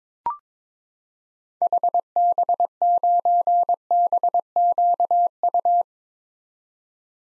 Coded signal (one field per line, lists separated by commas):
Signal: Morse code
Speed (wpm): 22 wpm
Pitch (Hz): 700 Hz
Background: none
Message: HB9BQU